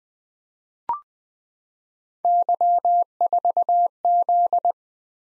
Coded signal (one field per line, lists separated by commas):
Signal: Morse code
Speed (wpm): 20 wpm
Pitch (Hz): 700 Hz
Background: none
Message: Y4Z